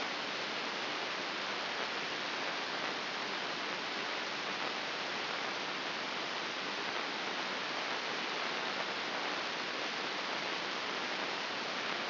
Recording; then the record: brain microelectrode recording played as sound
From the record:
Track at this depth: outside the subthalamic nucleus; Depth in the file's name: 5.02 mm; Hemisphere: left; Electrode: 2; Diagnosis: Parkinson's disease